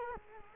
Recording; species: mosquito wingbeat signal from an infrared sensor; Culex quinquefasciatus